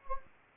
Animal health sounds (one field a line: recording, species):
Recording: mosquito wingbeat signal from an infrared sensor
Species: Anopheles gambiae